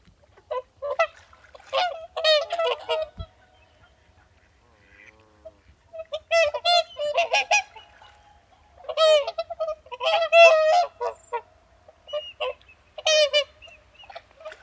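Whooper swan trumpeting in loud clustered bursts of harsh honks, separated by quiet gaps.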